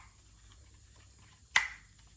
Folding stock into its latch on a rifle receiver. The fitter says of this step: and it snaps in place.